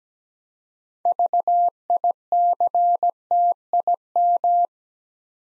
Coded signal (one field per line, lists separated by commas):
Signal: Morse code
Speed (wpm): 17 wpm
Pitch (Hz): 700 Hz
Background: none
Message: VICTIM